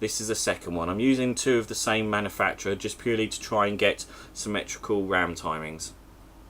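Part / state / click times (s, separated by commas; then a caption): RAM module into motherboard memory slot / not seated / none. A second RAM module, one of two from the same manufacturer chosen to get symmetrical RAM timings, is handled over a motherboard memory slot while someone talks throughout. No distinct mechanical sounds stand out, and the clip ends with the module not yet pushed home: nothing has seated or clicked yet.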